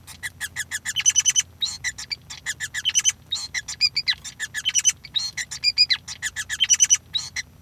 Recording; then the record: song of a male Bengalese finch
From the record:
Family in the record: son of father 5